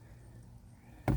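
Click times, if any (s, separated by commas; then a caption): 1.1 s. A plastic glove box door on a 2022 Honda Civic is closed after a cabin air filter replacement, and its latch catches in the dashboard striker. After about a second of faint low hum, a single sharp hit is heard at 1.1 s, and the glove box latches shut.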